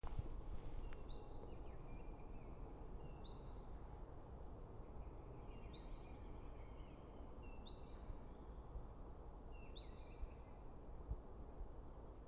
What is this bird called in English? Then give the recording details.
Great Tit. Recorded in the wild. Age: adult. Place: Bernau bei Berlin, Barnim, Brandenburg, DE. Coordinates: 52.6958, 13.5256. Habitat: coniferous forest. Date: 2008-03-21. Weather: clear, -2°C, no wind. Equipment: Zoom H2. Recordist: Frommolt, Karl-Heinz. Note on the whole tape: Bernauer Forst bei Waldfrieden, Hochspannungstrasse: Gesang einer Kohlmeise. Entfernung ca. 10 m. Aufnahme der vorderen Mikrofone